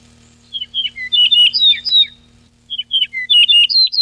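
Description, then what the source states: Yellow-breasted bunting song: two phrases of varied whistled notes, some rising and some falling, the second following a brief pause. 14 June 1993.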